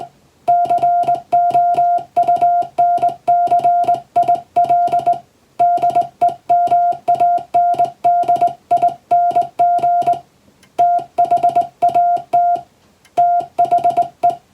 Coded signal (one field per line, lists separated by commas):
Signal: Morse code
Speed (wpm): 20 wpm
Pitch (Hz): 700 Hz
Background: music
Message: COUNCIL DEMANDING THAT THE